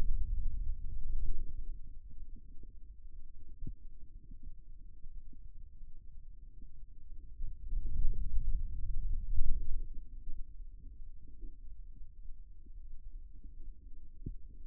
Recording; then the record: forearm muscle sounds (acoustic myography)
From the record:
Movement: ulnar deviation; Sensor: system 2, bracelet of six BSWA MPA416 microphones around the upper forearm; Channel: 2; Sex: male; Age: 22 years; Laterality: right